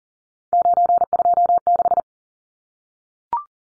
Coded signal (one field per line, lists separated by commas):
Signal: Morse code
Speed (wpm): 40 wpm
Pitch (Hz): 700 Hz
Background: none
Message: 926